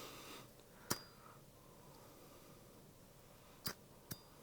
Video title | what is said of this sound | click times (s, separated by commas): ST Dupont Fake Maintenance! #zippomafia #stdupont #aliexpress | and then press all the way forward and you'll hear it click. | 0.9 s